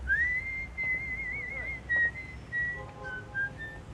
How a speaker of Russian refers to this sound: улыбается, насвистывает песню.